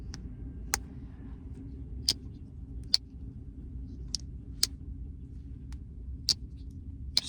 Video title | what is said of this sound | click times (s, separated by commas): GEC 15 “Rough Sawn Osage Wood” SMALL BUT MIGHTY! | snappy snap snap snap I mean listen to it | 0.7 s, 2.1 s, 2.9 s, 4.6 s, 6.3 s, 7.2 s